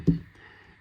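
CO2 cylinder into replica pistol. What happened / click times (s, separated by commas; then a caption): The gas cylinder did not seat / none. A CO2 cylinder is placed into the gas inlet of a replica pistol, giving a brief low thump near the start followed by a quiet hum. It does not seat properly, and nothing has seated or clicked yet.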